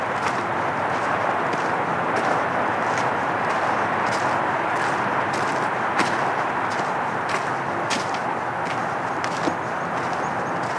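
Walking a woodland trail: steady dense rustling throughout, with sharp footstep-like crunches landing irregularly every half second or so.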